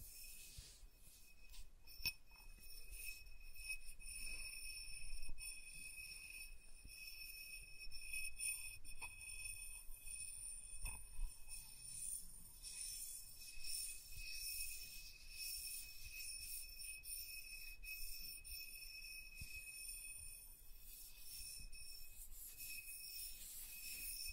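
Soft tracing across smooth and rough surfaces, a continuous hushed scratching with a thin, bright edge and faint ringing tones sustained above it. Small clicks and taps break in irregularly, with a louder knock near five seconds and another around eleven.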